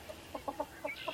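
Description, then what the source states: Chicken giving quiet clipped clucks, several in quick succession, with a faint higher note near the end. A parade of chickens passing by on a sunny early-spring day while a hoop house was put up, responding to the warmth of the sun.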